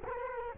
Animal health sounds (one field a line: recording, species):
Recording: mosquito wingbeat signal from an infrared sensor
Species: Culex quinquefasciatus